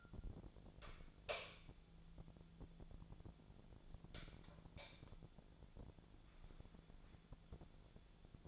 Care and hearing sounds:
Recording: daily activity, microphone in the room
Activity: light on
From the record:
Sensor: 5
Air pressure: 1000.2 hPa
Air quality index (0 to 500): 99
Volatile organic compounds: 1 ppm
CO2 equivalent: 806 ppm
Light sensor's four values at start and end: 183/435/185/203 and 193/461/196/215

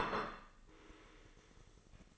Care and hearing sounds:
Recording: daily activity, microphone in the room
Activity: place plate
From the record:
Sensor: 4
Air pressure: 996.0 hPa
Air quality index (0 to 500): 59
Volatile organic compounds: 2 ppm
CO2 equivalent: 1033 ppm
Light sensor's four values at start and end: 13/37/13/14 and 13/37/13/14

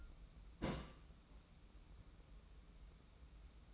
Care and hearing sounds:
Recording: daily activity, microphone in the room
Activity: place on stove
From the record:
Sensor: 1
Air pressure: 994.5 hPa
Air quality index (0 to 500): 231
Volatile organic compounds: 1000 ppm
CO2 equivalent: 8320 ppm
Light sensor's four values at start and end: 145/331/148/162 and 145/331/148/162

